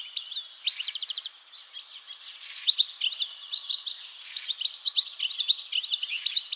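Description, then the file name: European goldfinch song of rapid repeated chirps and tinkling, slurred twitters, delivered almost without pause apart from a brief lull near two seconds. "Carduelis carduelis"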